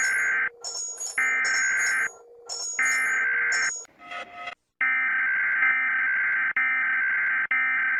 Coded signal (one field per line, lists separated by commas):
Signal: Emergency Alert System (SAME) tones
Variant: header bursts